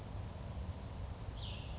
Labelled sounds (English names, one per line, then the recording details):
Cassin's Vireo
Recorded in Sonoma County, California